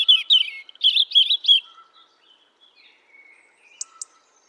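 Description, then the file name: European robin singing a thin, high trilled phrase of quick warbling notes, then quiet scattered notes and two sharp high ticks near the end. "Erithacus rubecula"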